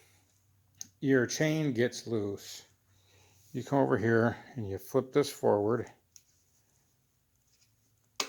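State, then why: Seated. Someone talks about a loose chain on a Craftsman chainsaw, then flips the tensioning/locking lever on the chainsaw body forward. The lever snaps into its locked position with a sharp hit at 8.2 seconds, and it locks into place.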